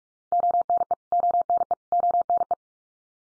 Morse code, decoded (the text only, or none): ONE ONE ONE